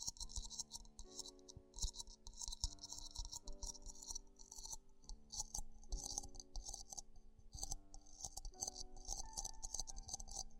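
Ear exploration sounds: dense, rapid crisp clicking and scratching bursts in a steady rhythm, bright and crackly, over low humming tones.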